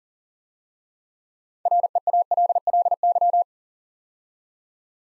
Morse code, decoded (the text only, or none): REALLY